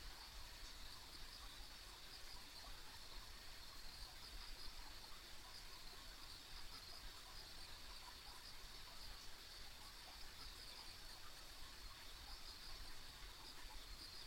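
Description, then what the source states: Chorus of insects, a continuous high-pitched trilling with little flickers of sound, over a steady low noise bed. Ambient insect sounds on a country road.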